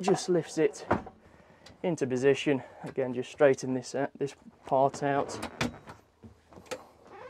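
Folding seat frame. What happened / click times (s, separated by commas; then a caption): Seat part handled and straightened, not yet locked / none. Someone talks while the fold-up travel seat in the lounge bench of an Elddis Envy 185 motorhome is lifted into position and straightened out, with brief handling knocks around 1.7 s and 6.7 s. Nothing has seated or clicked yet; the seat has not locked into its upright position.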